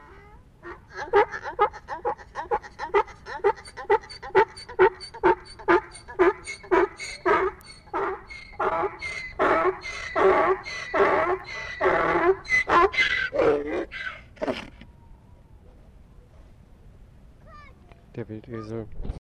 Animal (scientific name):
Equus asinus